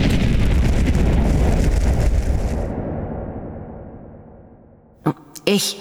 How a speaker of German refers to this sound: Er stellte sich vor Timton auf und hielt den Zauberstein vor sich ausgestreckt, als auch schon der Feuerball auf die beiden niederging.